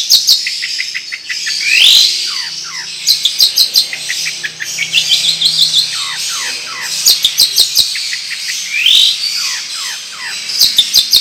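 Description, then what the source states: Long-tailed shrike song: varied chattering phrases with sharp high notes, rising sweeps and quick downslurred whistles, flowing continuously with brief pauses. Long, rolling song style (ngerol panjang); bird described as singing actively (gacor).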